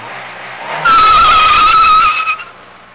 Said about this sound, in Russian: Автомобиль остановился.